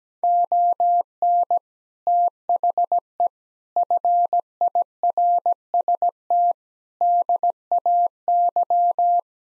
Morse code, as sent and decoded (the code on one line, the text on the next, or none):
--- -. / - .... . / ..-. .. .-. ... - / -.. .- -.--
ON THE FIRST DAY